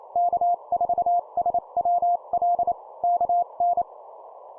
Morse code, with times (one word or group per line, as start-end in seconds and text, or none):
0.2-2.7 K4SWL
3.0-3.8 KN